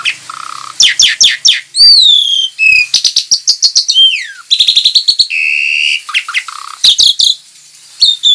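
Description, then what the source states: Javan pied starling song: loud, varied, almost continuous run of rapid repeated chips, slurred whistles, a buzzy trill and harsh bursts. Lure call (pancingan) used to draw or stimulate birds.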